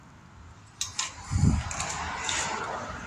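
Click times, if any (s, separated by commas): none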